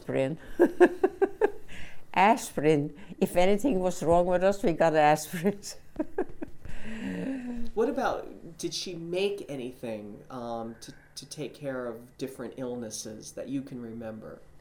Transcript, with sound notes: Aspirin. (she laughs) Aspirin. If anything was wrong with us, we got aspirins. (she laughs)
What about, did she make anything to, to take care of different illnesses that you can remember?